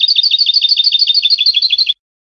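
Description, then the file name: European goldfinch song: a fast, even twittering trill of bright notes repeated steadily for about two seconds, then silence. "audio burung goldfinch"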